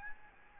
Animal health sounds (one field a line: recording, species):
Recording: mosquito wingbeat signal from an infrared sensor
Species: Aedes albopictus